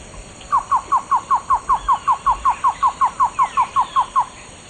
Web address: Natures Songs S America Eastern Lowlands Cocha Antshrike